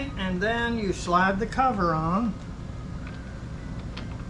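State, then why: Not seated. Someone talks while a plastic battery cover is handled and slid toward the interior housing of a HOTATA smart deadbolt lock. After the talking stops, only low background hiss and a couple of faint ticks near 4.0 s and 4.3 s are heard. The cover has not snapped or seated yet.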